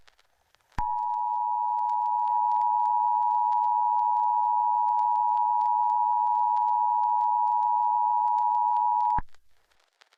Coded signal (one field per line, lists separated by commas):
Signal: Emergency Alert System (SAME) tones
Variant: 853 and 960 Hz attention tone